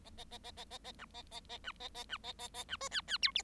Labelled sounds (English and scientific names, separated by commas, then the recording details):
Bengalese Finch (Lonchura striata domestica) song
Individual Bird7